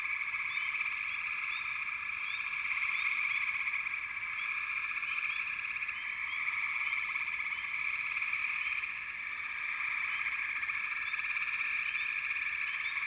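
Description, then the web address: Frog chorus of overlapping trills forming a constant drone, dotted with frequent short rising calls. "Natures Songs Nature Sounds Sounds of Nature Collection 28 Frog Chourus"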